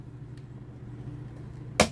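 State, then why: Seated. A hand presses the lid of a large vintage CBS-Columbia portable radio's cabinet closed after it would not quite shut. Over a low steady hum with a faint tick near 0.4 s, the lined-up lid snaps into place with a sharp, loud click at 1.8 s, and the lid is seated shut.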